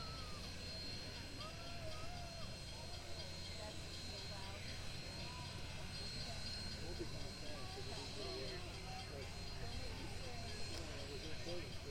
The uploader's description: Union Pacific No. 844 approaching, sitting and then leaving, was made at the intersection of First Street and the train tracks